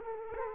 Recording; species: mosquito wingbeat signal from an infrared sensor; Culex quinquefasciatus